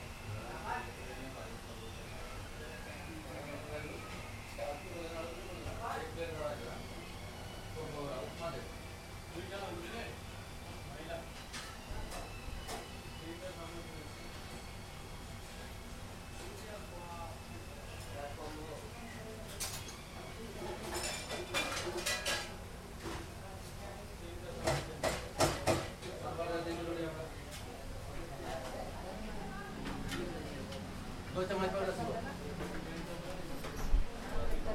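A kitchen in New Delhi with steady chatter over a low hum, sharp clatters and knocks clustering in the second half.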